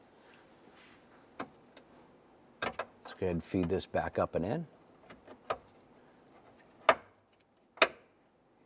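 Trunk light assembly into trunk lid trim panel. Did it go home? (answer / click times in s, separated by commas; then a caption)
yes / 6.9 s, 7.8 s. Someone talks while feeding a trunk light assembly back up into the plastic trim panel opening on the trunk lid of a 2012-2017 Toyota Camry, with light tapping and handling sounds. Sharp clicks at 6.9 s and 7.8 s mark the assembly snapping and locking into place in the trim.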